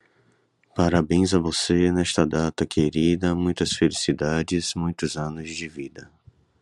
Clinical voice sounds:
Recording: short text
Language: Brazilian Portuguese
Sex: male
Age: 30 to 39 years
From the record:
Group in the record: control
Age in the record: 36 years

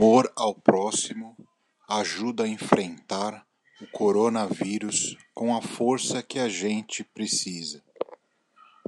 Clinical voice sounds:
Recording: spoken sentence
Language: Brazilian Portuguese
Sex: male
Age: 40 to 49 years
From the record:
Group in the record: control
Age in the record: 41 years

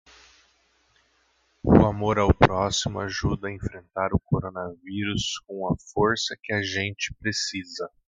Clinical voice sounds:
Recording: spoken sentence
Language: Brazilian Portuguese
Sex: male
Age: 30 to 39 years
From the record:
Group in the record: control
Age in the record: 30 years

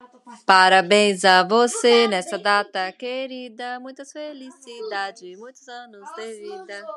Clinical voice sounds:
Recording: short text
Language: Brazilian Portuguese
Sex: female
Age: 40 to 49 years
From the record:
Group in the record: control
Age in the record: 42 years

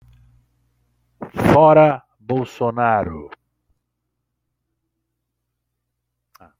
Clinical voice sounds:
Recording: spoken sentence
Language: Brazilian Portuguese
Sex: male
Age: 50 to 59 years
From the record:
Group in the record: control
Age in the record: 51 years

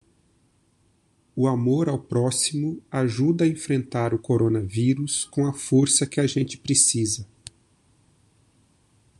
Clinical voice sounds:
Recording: spoken sentence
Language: Brazilian Portuguese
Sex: male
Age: 30 to 39 years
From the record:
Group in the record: control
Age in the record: 39 years

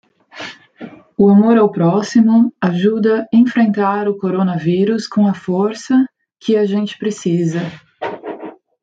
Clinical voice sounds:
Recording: spoken sentence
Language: Brazilian Portuguese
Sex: female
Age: 30 to 39 years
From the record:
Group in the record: control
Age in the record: 33 years

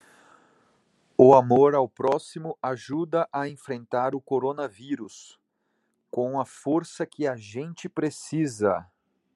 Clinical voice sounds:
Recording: spoken sentence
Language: Brazilian Portuguese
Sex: male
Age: 30 to 39 years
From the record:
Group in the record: control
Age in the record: 32 years

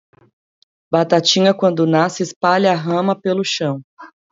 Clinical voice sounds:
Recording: short text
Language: Brazilian Portuguese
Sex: female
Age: 30 to 39 years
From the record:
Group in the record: control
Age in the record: 35 years

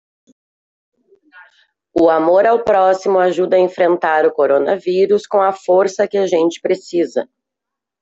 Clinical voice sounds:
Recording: spoken sentence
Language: Brazilian Portuguese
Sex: female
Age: 50 to 59 years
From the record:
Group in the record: control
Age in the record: 52 years

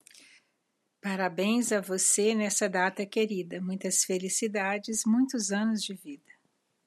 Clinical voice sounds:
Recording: short text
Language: Brazilian Portuguese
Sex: female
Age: 60 to 69 years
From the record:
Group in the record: control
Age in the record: 60 years

